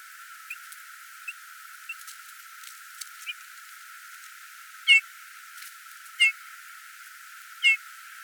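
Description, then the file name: Eurasian bullfinch calls: three short, clear piping whistles spaced roughly one and a half seconds apart in the second half, after a few faint soft ticks. "Pyrrhula pyrrhula"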